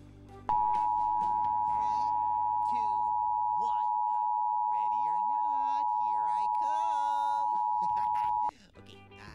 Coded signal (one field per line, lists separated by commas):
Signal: Emergency Alert System (SAME) tones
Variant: 853 and 960 Hz attention tone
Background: speech, music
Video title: EAS Severe Thunderstorm Warning During Splash & Bubbles (2018 WNPT-DT3)